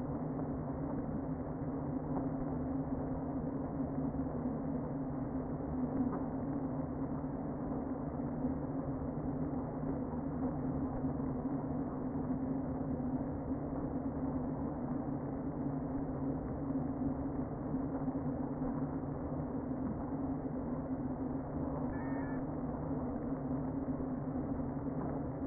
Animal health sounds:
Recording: honeybee colony, microphone inside the hive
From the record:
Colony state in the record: queen present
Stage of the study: before two queens were removed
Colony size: about 60,000 bees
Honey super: yes

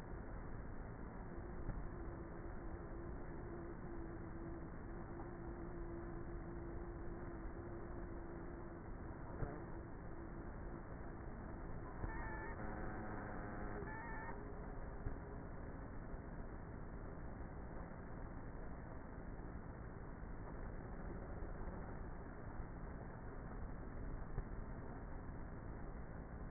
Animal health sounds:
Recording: honeybee colony, microphone inside the hive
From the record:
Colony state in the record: queenless with a low population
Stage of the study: before two queens were removed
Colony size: about 30,000 bees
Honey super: no

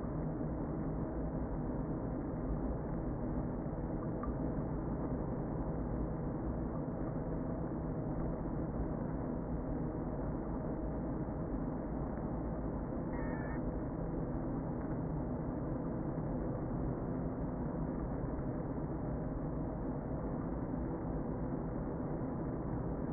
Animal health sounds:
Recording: honeybee colony, microphone inside the hive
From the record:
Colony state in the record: queen present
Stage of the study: before two queens were removed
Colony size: about 60,000 bees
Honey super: yes

